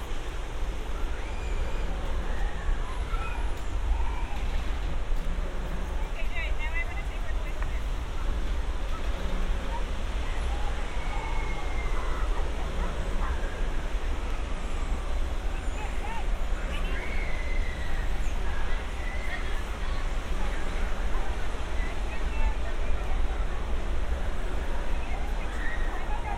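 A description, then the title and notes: A steady, dense crowd murmur on the Santa Monica Pier, underlaid by a constant low rumble. Scattered voices, brief calls and short rising squeals pop out every few seconds, while the overall level stays even from start to finish. Santa Monica Pier. A binaural field recording — a walk on the beach; under the pier; a few hundred yards and back again; up to the pier; watching the bumper cars, the roller coasters.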